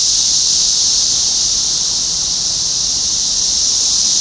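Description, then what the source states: Cicadas producing an unbroken, high, hissing buzz at steady volume. Recorded in Topeka, Kansas, on 14 June 2015; several cicadas.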